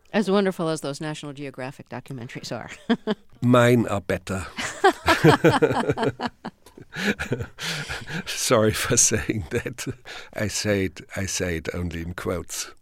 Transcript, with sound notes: As wonderful as those National Geographic documentaries are (laughter)
Mine are better. (LAUGHTER) Sorry for saying that. I say it only in quotes.